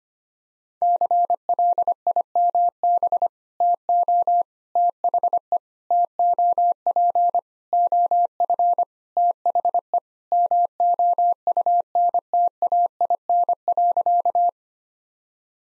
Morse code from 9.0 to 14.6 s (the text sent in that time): THE MOUNTAIN.